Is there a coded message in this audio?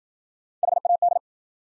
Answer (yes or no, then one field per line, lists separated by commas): yes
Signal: Morse code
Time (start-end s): 0.6-1.2 s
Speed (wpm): 53 wpm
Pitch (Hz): 700 Hz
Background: none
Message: HAD